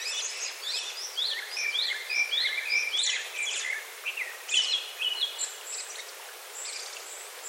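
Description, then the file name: Japanese thrush song: a run of short whistled phrases, quick rising and falling notes in varied patterns, over a steady high hiss. "kurotsu"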